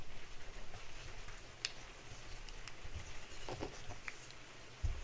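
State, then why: Not seated. A tight-fitting G10 grip panel is pressed onto a pistol grip frame, giving low handling rumble with scattered small taps, including sharp ticks near 1.6 s and 4.1 s. Nothing has seated or clicked into place yet; the clip ends just before the panel goes home.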